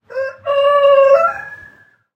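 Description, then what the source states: Rooster crowing once: a short opening note, then a long, loud, harmonic cock-a-doodle-doo held steady before trailing off at the end. An old rooster.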